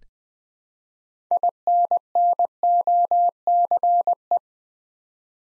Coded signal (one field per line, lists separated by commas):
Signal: Morse code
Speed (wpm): 20 wpm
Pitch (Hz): 700 Hz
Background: none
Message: INNOCE